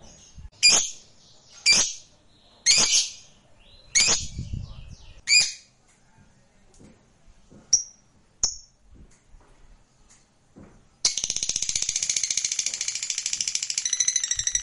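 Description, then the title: Lovebird with five loud shrill chirps about a second apart, a quiet gap with faint notes, then a sudden rapid buzzy chattering song to the end. Fighter-type lovebird, singing energetically (gacor). "SUARA Lovebird FIGHTER GACOR"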